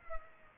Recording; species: mosquito wingbeat signal from an infrared sensor; Culex pipiens